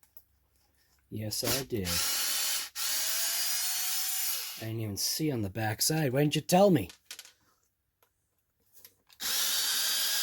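A power driver drives a screw into the plastic body-mount tower of a Kyosho Mad Van RC van, whirring in bursts from about 1.1 to 4.6 seconds and again from about 9.2 seconds to the end, while someone talks in between. Nothing has seated or clicked yet, and the screw strips out the plastic tower.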